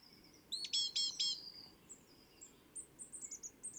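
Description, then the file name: Great tit call: a quick burst of three harsh stacked notes, followed by thin, high, faint notes. "Parus major"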